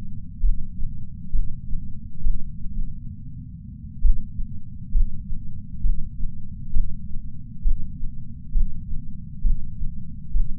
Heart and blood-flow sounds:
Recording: heart sounds by patch sensor on the chest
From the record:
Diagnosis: coronary artery disease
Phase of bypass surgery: intraoperative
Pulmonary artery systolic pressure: 22 mmHg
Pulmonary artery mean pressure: 15 mmHg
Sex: female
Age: 60 years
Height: 158 cm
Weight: 54 kg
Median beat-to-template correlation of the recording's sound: 0.93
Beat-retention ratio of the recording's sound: 0.95

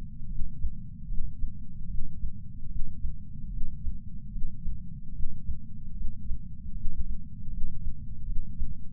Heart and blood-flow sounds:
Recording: heart sounds by patch sensor on the chest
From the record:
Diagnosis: coronary artery disease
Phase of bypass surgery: postoperative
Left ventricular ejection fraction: 62.4%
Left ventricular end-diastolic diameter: 42 mm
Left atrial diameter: 34 mm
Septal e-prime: 9 cm/s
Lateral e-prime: 10 cm/s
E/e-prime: 10.4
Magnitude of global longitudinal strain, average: 12.8%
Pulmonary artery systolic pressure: 24 mmHg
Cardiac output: 5.9 L/min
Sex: male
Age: 63 years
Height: 165 cm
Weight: 70 kg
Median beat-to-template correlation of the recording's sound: 0.92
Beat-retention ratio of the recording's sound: 0.96

